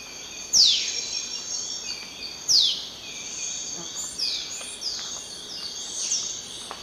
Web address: Natures Songs S America Eastern Lowlands. Lanio fulvus, alarm call and call